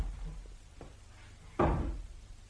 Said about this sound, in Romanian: Ce-a fost asta? Nimic. A căzut un scaun în camera de alături. Nu. E cineva acolo care ascultă.